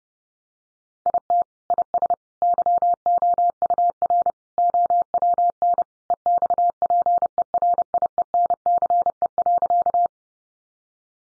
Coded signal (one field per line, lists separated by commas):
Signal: Morse code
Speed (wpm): 30 wpm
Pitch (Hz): 700 Hz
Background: none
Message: IT IS YOUR OWN EXPERIENCE.